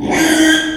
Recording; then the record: squeal of a Yucatan mini pig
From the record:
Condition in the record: after surgery on the right vocal fold (resection and tissue-engineered implant); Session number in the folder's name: 3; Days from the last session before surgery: 33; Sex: male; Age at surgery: 12 weeks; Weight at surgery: 13 kg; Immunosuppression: cyclosporine, prednisolone